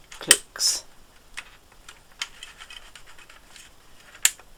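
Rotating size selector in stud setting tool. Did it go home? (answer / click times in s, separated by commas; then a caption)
yes / 0.3 s, 4.3 s. Someone rotates the size selector on the underside of a hand-held gem/stud setting tool until it clicks into position for the chosen size. Sharp clicks land at 0.3 s and 4.3 s, with softer rubbing and ticking in between. The dial seats at the selected size.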